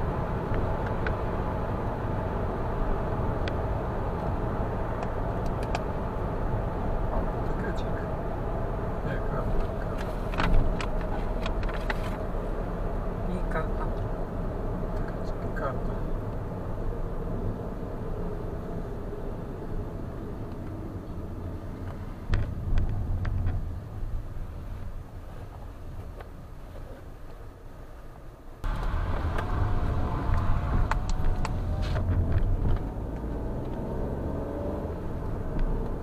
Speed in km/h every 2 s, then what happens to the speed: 96, 90, 83, 76, 70, 65, 61, 56, 49, 39, 26, 12, 6, 3, 18, 24, 35, 45.
0-25 brakes to 3. 25-36 speeds up to 45.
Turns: none.